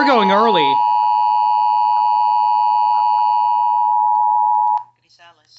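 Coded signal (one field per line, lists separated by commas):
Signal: Emergency Alert System (SAME) tones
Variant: 853 and 960 Hz attention tone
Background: speech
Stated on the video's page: Real EAS tones from severe weather alerts.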